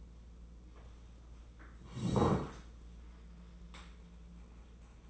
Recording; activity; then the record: daily activity, microphone in the room; sit down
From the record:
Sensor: 1